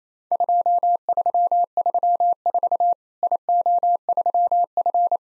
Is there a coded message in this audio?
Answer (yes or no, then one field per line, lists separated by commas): yes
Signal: Morse code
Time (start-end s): 0.3-5.2 s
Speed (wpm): 28 wpm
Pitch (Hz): 700 Hz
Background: none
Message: 2334 IO3F